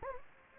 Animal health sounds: mosquito wingbeat signal from an infrared sensor; Anopheles gambiae

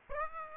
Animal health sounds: mosquito wingbeat signal from an infrared sensor; Aedes aegypti

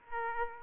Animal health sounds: mosquito wingbeat signal from an infrared sensor; Aedes aegypti

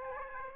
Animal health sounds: mosquito wingbeat signal from an infrared sensor; Aedes aegypti

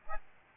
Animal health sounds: mosquito wingbeat signal from an infrared sensor; Aedes albopictus

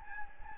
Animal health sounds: mosquito wingbeat signal from an infrared sensor; Anopheles gambiae

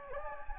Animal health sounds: mosquito wingbeat signal from an infrared sensor; Anopheles gambiae

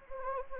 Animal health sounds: mosquito wingbeat signal from an infrared sensor; Anopheles gambiae

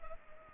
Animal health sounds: mosquito wingbeat signal from an infrared sensor; Culex pipiens

